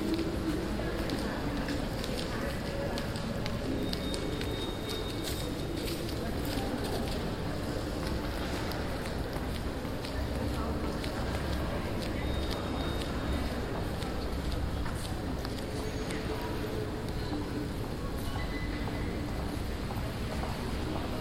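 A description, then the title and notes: A large indoor atrium on a quiet afternoon, filled with a steady, dense murmur of voices and footsteps echoing in the open space. A low hum runs underneath throughout, with occasional faint clicks and brief brighter tones rising above the wash. Atrium City Hall/Atrium Stadhuis Den Haag. Recording made in the Atrium of the The Hague City Hall on a pretty quiet summer afternoon.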